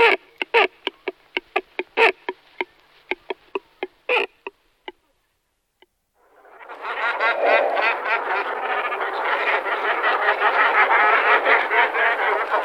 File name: kormorán-velký